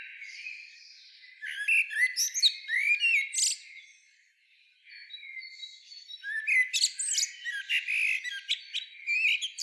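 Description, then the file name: Common blackbird delivers a burst of harsh, scratchy chatter with sliding whistled notes, pauses briefly, then resumes with another busy run of squawks and twitters. "Turdus merula"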